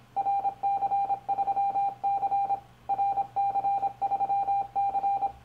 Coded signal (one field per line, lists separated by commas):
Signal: Morse code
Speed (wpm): 25 wpm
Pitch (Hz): 800 Hz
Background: none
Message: RC3C RC3C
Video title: RC3C: Minitest 11.06.2014 40/80CW - 40 CW {Open Video}